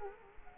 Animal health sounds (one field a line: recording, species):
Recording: mosquito wingbeat signal from an infrared sensor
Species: Culex quinquefasciatus